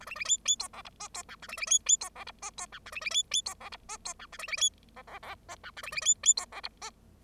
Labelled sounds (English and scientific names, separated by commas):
Bengalese Finch (Lonchura striata domestica) song